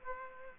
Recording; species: mosquito wingbeat signal from an infrared sensor; Aedes aegypti